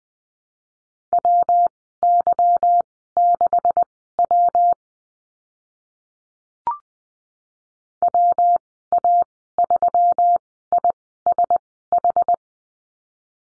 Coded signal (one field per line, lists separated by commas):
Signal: Morse code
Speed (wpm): 20 wpm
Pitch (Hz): 700 Hz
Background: none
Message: WY6W WA3ISH